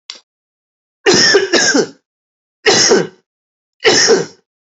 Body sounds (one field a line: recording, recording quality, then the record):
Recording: heavy voluntary cough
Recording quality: excellent, no background noise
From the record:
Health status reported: recovered from COVID-19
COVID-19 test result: positive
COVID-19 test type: RT-PCR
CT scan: not taken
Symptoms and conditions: none ticked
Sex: male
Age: 41 years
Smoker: no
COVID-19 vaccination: both doses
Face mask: worn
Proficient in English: yes